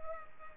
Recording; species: mosquito wingbeat signal from an infrared sensor; Culex pipiens